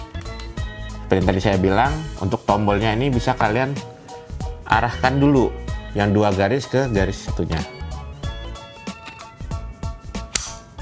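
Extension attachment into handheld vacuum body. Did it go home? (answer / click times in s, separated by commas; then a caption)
yes / 10.4 s. A plastic extension tube is aligned by its two-line mark with the single-line mark and pushed into the body of a Xiaomi Vacuum Cleaner P30 handheld vacuum while someone talks over background music. A few soft handling knocks come before a sharp snap at 10.4 s, when the extension locks into place.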